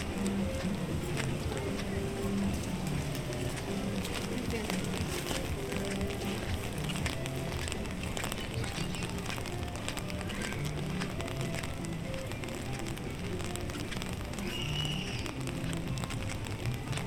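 A walk through Animal Kingdom park in Walt Disney World, full of dense, steady crowd chatter with overlapping voices throughout. Footsteps and small clattering sounds come and go, and a brief high tone rings out around fifteen seconds.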